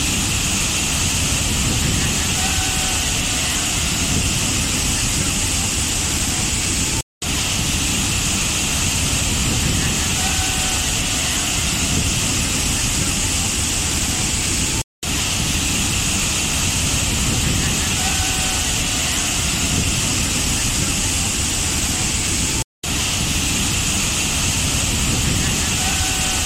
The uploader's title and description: The Graceful Dance of Waterfalls. The soothing sounds of rushing water